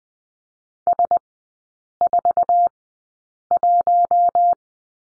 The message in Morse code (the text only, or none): S41